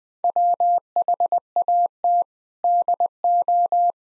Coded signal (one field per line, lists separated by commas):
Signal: Morse code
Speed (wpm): 20 wpm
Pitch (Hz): 700 Hz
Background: none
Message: WHAT DO